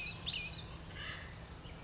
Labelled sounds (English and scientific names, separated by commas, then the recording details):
California Towhee (Melozone crissalis)
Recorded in Sonoma County, California